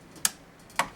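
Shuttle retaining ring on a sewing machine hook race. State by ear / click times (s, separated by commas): seated / 0.2 s, 0.8 s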